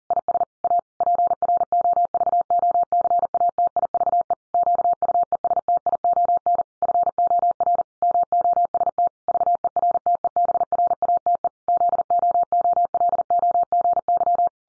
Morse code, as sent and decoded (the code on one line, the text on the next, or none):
.. ... / .- / .--. .-. --- ...- --- -.-. .- - .. ...- . / --.- ..- . ... - .. --- -. / ..-. --- .-. / -- --- ... - / ...- . .-. - . -... .-. .- - . / --.. --- --- .-.. --- --. -.--
IS A PROVOCATIVE QUESTION FOR MOST VERTEBRATE ZOOLOGY